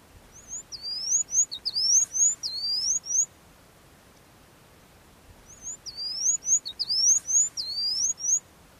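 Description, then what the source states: Bird singing two rapid bursts of high, wavy upslurred chirps, each burst lasting about three seconds and separated by a stretch of near silence. Used for training birds to sing.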